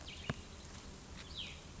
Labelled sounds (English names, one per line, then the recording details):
Cassin's Vireo
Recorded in Sonoma County, California